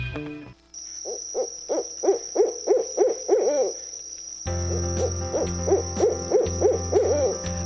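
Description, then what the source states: Barred owl hooting: a quick run of several wavering hoots, a pause, then another similar run over a low hum and a steady high tone. Played on the radio segment Critter Corner about local wildlife; also called laughing owl or eight-hooter for its eight distinct hoots and calls; non-migratory, defends territories.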